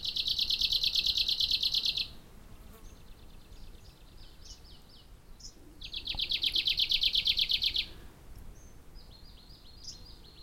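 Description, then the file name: Arctic warbler singing two fast, buzzy, even trills about two seconds long, spaced several seconds apart, with softer high chirps from other birds between them. "warbler-arctic -Phylloscopus-borealis"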